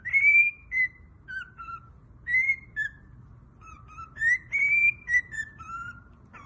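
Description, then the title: Cockatiel whistled song: clear tonal notes sliding between mid and high pitch, some gently falling, in short phrases separated by brief pauses. Several cockatiels singing, whistling. "Calopsitas Cantando Assobio"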